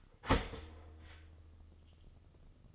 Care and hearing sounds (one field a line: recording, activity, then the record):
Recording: daily activity, microphone in the room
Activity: start toaster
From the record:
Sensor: 4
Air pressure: 1007.8 hPa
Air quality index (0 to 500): 102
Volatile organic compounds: 1 ppm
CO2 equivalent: 760 ppm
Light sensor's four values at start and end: 9/21/8/8 and 9/21/8/8